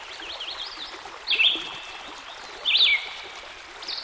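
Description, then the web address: Red-eyed Vireo song, a few brief whistled phrases with gaps between them, set against a continuous gurgling stream. Heard with a stream in the background. "Dan Gibson Songbirds By The Stream. Red - Eyed Vireo"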